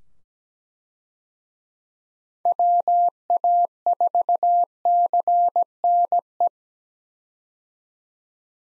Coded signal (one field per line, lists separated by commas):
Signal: Morse code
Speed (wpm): 17 wpm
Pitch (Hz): 700 Hz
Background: none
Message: WA4CNE